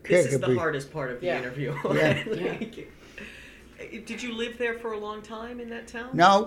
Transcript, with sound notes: This is the hardest part of the interview. ( they laugh ) Did you live there for a long time in that town?
No.